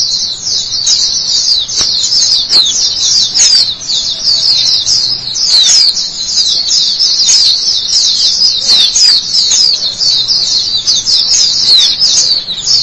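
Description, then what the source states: White-eye song: dense, high, rapid twitter of thin sliding notes continuing steadily throughout. Chirping song.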